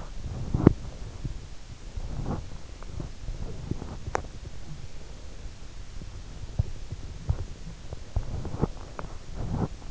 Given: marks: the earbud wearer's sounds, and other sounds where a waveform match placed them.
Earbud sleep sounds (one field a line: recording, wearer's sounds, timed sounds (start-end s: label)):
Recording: sounds in sleep by an in-ear microphone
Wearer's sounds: body movement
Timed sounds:
0.00-1.19 s: body movement